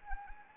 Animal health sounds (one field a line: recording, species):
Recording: mosquito wingbeat signal from an infrared sensor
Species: Anopheles arabiensis